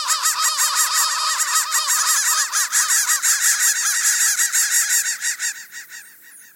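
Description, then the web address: Crow calls: a dense run of harsh, arched caws in rapid overlapping series, several birds calling together, thinning out and fading near the end. "soundfactory crow"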